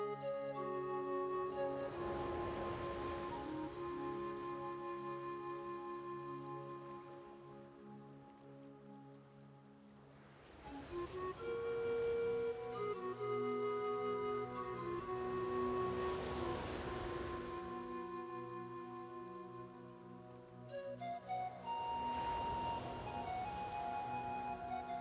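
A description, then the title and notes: Soft ocean waves surge and recede in slow swells, peaking around the start, the middle and near the end, beneath a sustained pan flute. The flute holds long notes over a low drone, shifting pitch at about eleven seconds and again after twenty. Relaxing Zen Beach. The sound of the waves, pan flute.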